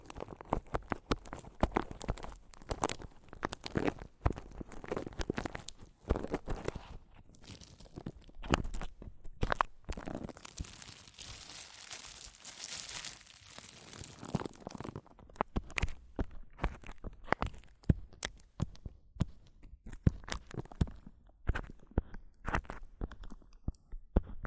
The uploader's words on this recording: ASMR Mic Tapping and Scratching (No Talking).